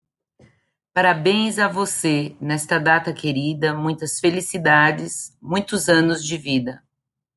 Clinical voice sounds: short text; Brazilian Portuguese; female; 50 to 59 years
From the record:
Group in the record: control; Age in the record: 53 years

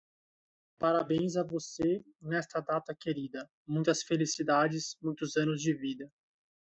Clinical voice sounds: short text; Brazilian Portuguese; male; 30 to 39 years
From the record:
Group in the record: control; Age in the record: 35 years

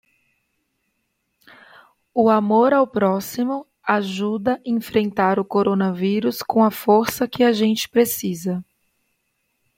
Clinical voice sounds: spoken sentence; Brazilian Portuguese; female; 30 to 39 years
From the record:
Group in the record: control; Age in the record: 31 years

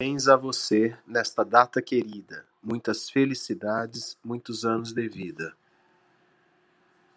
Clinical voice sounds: short text; Brazilian Portuguese; male; 40 to 49 years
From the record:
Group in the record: control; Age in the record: 46 years

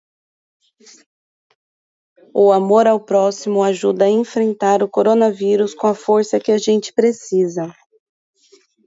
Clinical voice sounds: spoken sentence; Brazilian Portuguese; female; 30 to 39 years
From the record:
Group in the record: control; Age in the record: 36 years

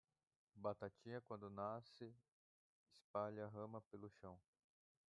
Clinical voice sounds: short text; Brazilian Portuguese; female; 20 to 29 years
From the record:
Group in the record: control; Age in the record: 29 years

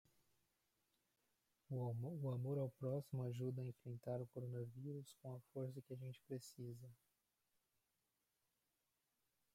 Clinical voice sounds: spoken sentence; Brazilian Portuguese; male; 20 to 29 years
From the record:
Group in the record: control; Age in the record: 23 years

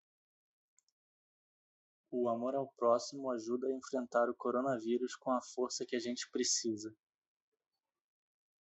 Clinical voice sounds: spoken sentence; Brazilian Portuguese; male; 30 to 39 years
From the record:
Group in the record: control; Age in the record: 30 years

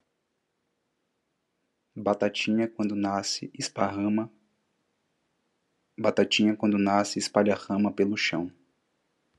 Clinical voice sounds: short text; Brazilian Portuguese; male; 30 to 39 years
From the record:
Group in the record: control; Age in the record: 33 years

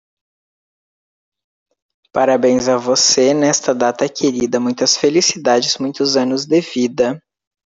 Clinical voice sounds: short text; Brazilian Portuguese; male; 30 to 39 years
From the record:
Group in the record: control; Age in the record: 30 years

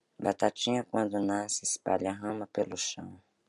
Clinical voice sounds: short text; Brazilian Portuguese; female; 40 to 49 years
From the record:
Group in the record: control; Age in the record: 45 years

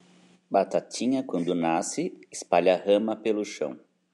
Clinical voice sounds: short text; Brazilian Portuguese; female; 40 to 49 years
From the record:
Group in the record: control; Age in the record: 45 years

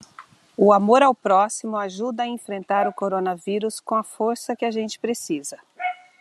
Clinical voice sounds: spoken sentence; Brazilian Portuguese; female; 50 to 59 years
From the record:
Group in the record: control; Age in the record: 53 years

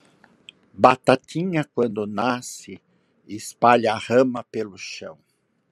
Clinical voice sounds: short text; Brazilian Portuguese; male; 60 to 69 years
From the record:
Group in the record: control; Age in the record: 61 years

